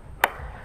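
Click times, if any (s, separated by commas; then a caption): 0.2 s. The metal fuel tank cap on a Ducati Hyper 950 motorcycle's fuel tank is twisted closed until its ratchet gives a single sharp, loud click at 0.2 s. The cap is fully tightened rather than left loose, and the click is followed by a short fading ring over low background noise.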